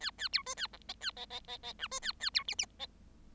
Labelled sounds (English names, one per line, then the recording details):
Bengalese Finch song
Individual Bird7